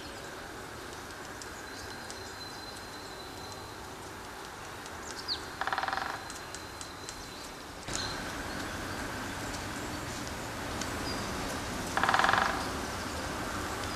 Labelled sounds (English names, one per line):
Marsh Tit song